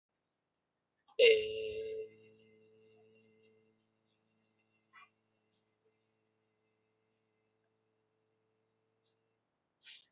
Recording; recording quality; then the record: sustained vowel as in made; excellent, no background noise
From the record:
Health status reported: exposed to COVID-19, no respiratory illness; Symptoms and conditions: none ticked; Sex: male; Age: 30 years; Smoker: not ticked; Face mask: not worn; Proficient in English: yes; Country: India